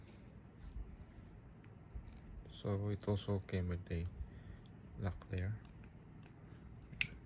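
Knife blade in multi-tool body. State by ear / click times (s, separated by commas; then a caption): seated / 7.0 s. Someone talks while the knife blade of a metal multi-tool is opened from the tool's body. A single sharp click at 7.0 s marks the blade locking open in place.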